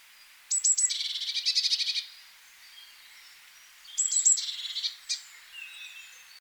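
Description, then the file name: Eurasian blue tit giving two scolding calls a few seconds apart, each starting with high thin notes then a rapid, buzzy churr. "Cyanistes caeruleus"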